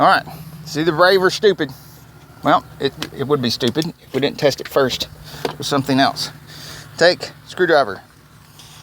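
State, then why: Seated. A replacement door latch for a 2000 Ford Expedition, removed from the truck, has a screwdriver pushed into it in place of the striker, as if the door were closed. Someone talks through most of the clip over a low steady hum. At 8.6 s the latch snaps shut on the screwdriver with a short click, showing it catches.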